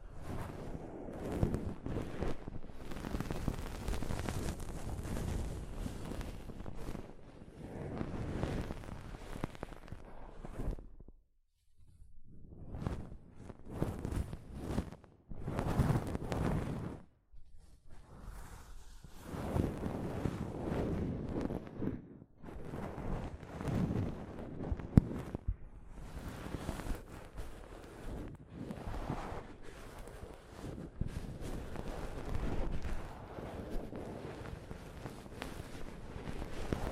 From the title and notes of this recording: ASMR Mic Brushing using Soft Fabric (No Talking).